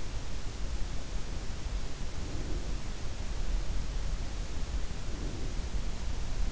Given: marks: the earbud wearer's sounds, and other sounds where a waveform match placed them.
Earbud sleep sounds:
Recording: sounds in sleep by an in-ear microphone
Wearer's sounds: breath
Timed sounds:
2.01-3.12 s: breath
4.86-5.97 s: breath

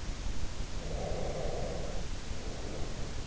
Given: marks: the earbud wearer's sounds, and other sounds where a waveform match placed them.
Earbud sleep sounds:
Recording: sounds in sleep by an in-ear microphone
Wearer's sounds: breath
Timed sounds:
0.87-3.24 s: breath

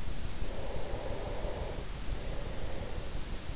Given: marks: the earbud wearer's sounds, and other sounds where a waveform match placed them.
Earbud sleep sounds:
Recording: sounds in sleep by an in-ear microphone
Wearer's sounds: breath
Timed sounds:
0.53-3.55 s: breath

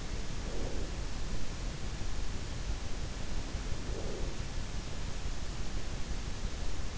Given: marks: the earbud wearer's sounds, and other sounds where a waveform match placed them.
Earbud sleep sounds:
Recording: sounds in sleep by an in-ear microphone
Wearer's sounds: breath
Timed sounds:
0.12-1.38 s: breath
3.64-4.68 s: breath

